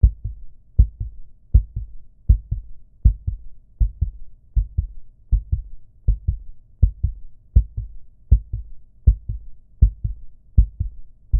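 A steady heartbeat: regular paired low thumps at about 80 beats per minute.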